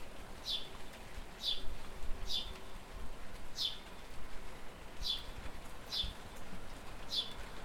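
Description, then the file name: House sparrow chirping, seven brief clipped notes spaced a second or so apart, with a low continuous rumble underneath. "Passer domesticus"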